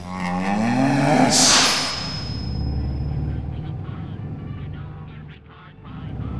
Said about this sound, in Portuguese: Agora eu sou um touro reprodutor numa fazenda em Uberaba.